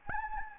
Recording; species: mosquito wingbeat signal from an infrared sensor; Anopheles gambiae